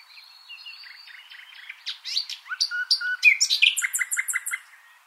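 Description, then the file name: Common nightingale song: a varied phrase of soft whistles building into loud rapid trills, buzzy notes and high repeated chips, with several distinct motifs in quick succession. "Luscinia megarhynchos"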